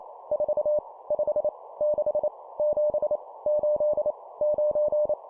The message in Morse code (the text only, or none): 4 5 6 7 8 9